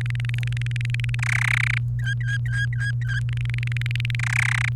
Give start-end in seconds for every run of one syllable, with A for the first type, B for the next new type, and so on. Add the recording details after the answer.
0.01-1.15 A, 1.19-1.78 B, 1.99-3.20 C, 3.29-4.15 A, 4.19-4.69 B. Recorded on 28 April 2018 at 17:29. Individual llb3